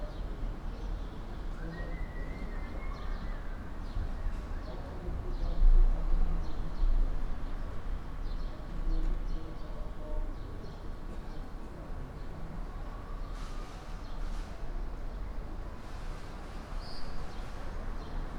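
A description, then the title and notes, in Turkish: Everyday sounds of a residential neighborhood in Istanbul on a spring day: a steady low rumble of traffic runs throughout, with a faint constant hum above it. Brief bird chirps and faint voices come and go, with a brighter chirp near the end. İstanbul'da sıradan bir bahar gününde sitelerin olduğu mahalleden olağan günlük seslerin kaydı.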